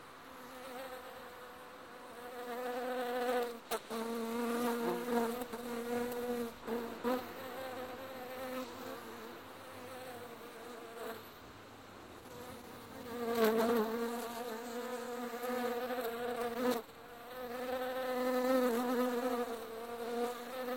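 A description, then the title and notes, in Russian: Flies buzz in a steady drone, the sound rising and falling as they move around, loudest near 4–7 seconds and again from about 13 to 20 seconds. A few sharp clicks cut through near 3.5, 13.5 and 17 seconds. Звук жужжания мух.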